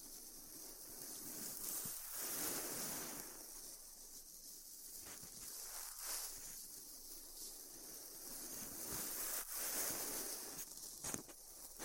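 Styrofoam being heat cut, with a steady, bright hiss running the whole time. Beneath it, a softer rushing sound swells and fades every few seconds, and short crackles and ticks break through, most clearly around 5, 9 and 11 seconds.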